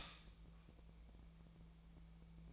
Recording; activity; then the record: daily activity, microphone in the room; stop toaster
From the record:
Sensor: 1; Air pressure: 1000.3 hPa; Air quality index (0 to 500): 154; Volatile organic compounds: 3 ppm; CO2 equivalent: 1446 ppm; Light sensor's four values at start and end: 31/76/32/39 and 31/76/32/39